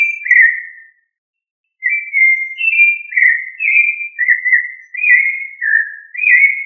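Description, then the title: Thrush song of rich whistled notes, each sliding slightly downward: one note, a short pause, then a smooth continuous sequence. "Familia Turdidae - Sabia"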